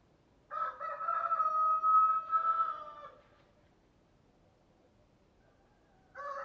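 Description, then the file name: Chicken: rooster crow: one long, raspy cock-a-doodle-doo of about two and a half seconds, then quiet. A second crow begins right at the end. "Rooster Crowing Sound"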